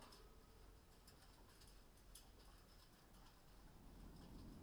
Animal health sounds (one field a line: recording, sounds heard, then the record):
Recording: poultry house recording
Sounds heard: healthy chickens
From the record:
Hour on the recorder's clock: 20